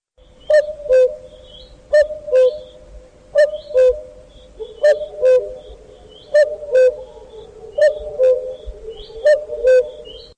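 A common cuckoo repeats its two-note, falling cu-coo call seven times in a steady rhythm, clear and mellow, while fainter high chirps from other birds flicker in the background.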